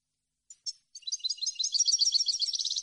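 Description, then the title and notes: European goldfinch song: a few scattered notes, then a rapidly building stream of bright, tinkling twitters and trills. Clean goldfinch song issued on a CD, intended for song training so birds can copy it. "Cd Jilguero. Cd de canto de jilguero limpio para copia"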